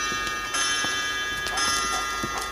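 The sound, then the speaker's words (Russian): An antique clock showing twelve o'clock ticks at a steady, even pace, each sharp click sounding roughly every third of a second over a faint continuous hum. “Старинные часы показывают 12.”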